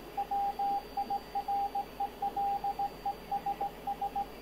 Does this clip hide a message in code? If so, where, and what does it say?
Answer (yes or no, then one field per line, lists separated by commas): yes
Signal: Morse code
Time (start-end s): 0.2-4.2 s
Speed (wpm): 16 wpm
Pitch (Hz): 800 Hz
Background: radio noise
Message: WIRELESS